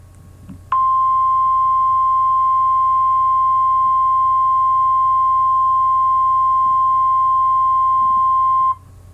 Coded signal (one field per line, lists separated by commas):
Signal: Emergency Alert System (SAME) tones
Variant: 1050 Hz attention tone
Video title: Maxnado (An EAS Scenario)